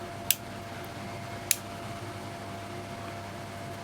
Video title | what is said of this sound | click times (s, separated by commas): Gainsborough 3400 Mortice Lock Kit - DR3400 KIT | around like so you'll hear a click | 0.3 s, 1.5 s